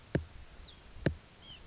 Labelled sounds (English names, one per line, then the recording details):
White-breasted Nuthatch
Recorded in Sonoma County, California